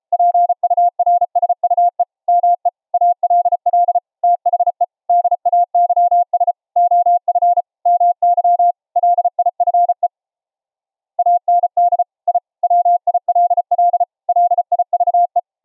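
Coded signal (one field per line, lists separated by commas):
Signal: Morse code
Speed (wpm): 34 wpm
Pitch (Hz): 700 Hz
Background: none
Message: PURSUE ME ALL THE DAYS OF MY LIFE AND I WILL LIVE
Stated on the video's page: 700 Hz ELF CW from a nearby transmitter, received 10 feet away on a resonance-tuned ferrite rod and bobbin-core antenna into headphones; full volume, no background noise.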